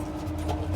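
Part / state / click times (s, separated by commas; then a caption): broken-tab wiring connector into its mating plug / not seated / none. A wiring harness connector with a broken locking tab is pushed onto its mating plug on a 2021 Ford F-150 over a steady low vehicle hum, with a brief soft bump near 0.5 s. Nothing has clicked or latched, so the connector is not locked in place and will need a zip tie to hold it.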